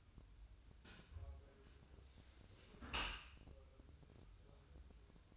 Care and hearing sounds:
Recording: daily activity, microphone in the room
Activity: close dishwasher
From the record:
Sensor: 2

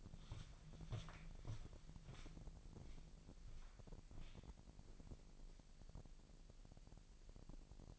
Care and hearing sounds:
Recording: daily activity, microphone in the room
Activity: walk to room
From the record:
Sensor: 5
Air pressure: 1002.1 hPa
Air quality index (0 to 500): 249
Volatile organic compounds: 8 ppm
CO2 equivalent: 2071 ppm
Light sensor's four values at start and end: 26/60/25/27 and 27/63/26/27

